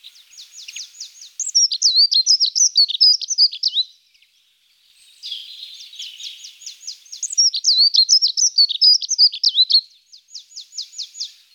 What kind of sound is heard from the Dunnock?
song